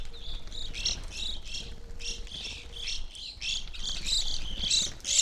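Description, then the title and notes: Evening grosbeak calls, many short overlapping chirps in a busy, continuous flock chatter, over a low rumble. Flock feeding on sunflower seeds at a feeder hanging in a birch tree, backyard in McCloud, Siskiyou County, California, relatively warm winter morning; microphones placed on either side of the trunk. "I recorded this at my home in the small town of McCloud in Siskiyou County, California. It was a relatively warm winter morning, and a flock of Evening Grosbeaks was busily eating a breakfast of sunflower seeds from a feeder hanging from the branch of a birch tree in my backyard."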